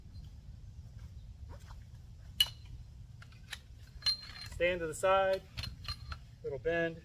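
A basketball hoop is being fitted onto a trampoline net pole while someone talks, and the pole is bent slightly from the side to take the hoop bracket. Light metallic clinks and taps are heard, including a sharp knock at 2.4 s. Nothing has seated or clicked yet.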